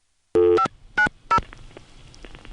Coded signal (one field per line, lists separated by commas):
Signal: DTMF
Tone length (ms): 90 ms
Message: 590